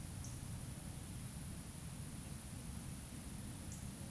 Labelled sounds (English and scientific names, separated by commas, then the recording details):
Eurasian Woodcock (Scolopax rusticola) whistle
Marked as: whistle, whistle
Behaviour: display flight
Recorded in Baden-Württemberg, Germany, on 27 June 2020 at 19:55 UTC
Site 43737, 512 m above sea level